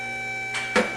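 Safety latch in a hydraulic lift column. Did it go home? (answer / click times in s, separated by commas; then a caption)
yes / 0.8 s. As a hydraulic lift is raised, the mechanical safety latch in the lift column drops into the next stop with a sharp click at 0.8 s, after a softer scrape around 0.5 s, over a steady tonal hum. The latch engages every two inches so the lift rests on the stops if it loses oil pressure or a hose blows; here the lock clicks and seats.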